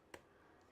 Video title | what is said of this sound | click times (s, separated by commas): Converting A Retractable Screen To A Fixed Screen On A Marvin Crank Out Casement | you'll hear a little snap just | 0.1 s